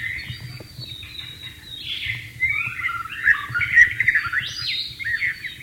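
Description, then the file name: White-rumped shama song, continuous varied warbling that grows louder, with bright whistles and quick slurred notes, over a faint low hum. Heard in the wild. "suara burung murai batu di alam liar"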